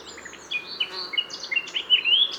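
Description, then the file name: Eurasian blackcap song, a quick, varied warble of scratchy chirps and clear whistled notes that grows louder toward the end. "Sylvia atricapilla"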